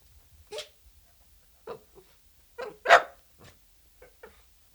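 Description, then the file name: Dachshund giving scattered barks of uneven strength, one much louder bark near the middle among softer, shorter yaps. "Het blaffen van een teckel - Sound Cloud - Beeld en Geluid"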